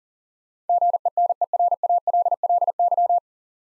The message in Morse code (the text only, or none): GENERALLY